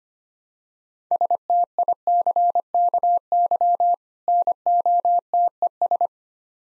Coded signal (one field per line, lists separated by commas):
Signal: Morse code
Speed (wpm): 25 wpm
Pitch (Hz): 700 Hz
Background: none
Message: STICKY NOTES